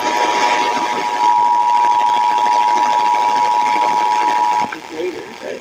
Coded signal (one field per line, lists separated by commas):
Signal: Emergency Alert System (SAME) tones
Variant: 853 and 960 Hz attention tone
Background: speech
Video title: EAS- Another 5/4 10 PM VEF Flash Flood Warning (FFW) Inyo, San Bernardino Counties on KHWY Cluster